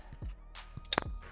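A plastic wiring harness connector is pushed onto an ignition coil pack on the engine of a 2008 Honda Civic Si (8th gen FD), after doubt over whether an earlier connector had clicked. Faint ticks come first, then two sharp clicks at 0.9 and 1.0 seconds. The connector is confirmed seated.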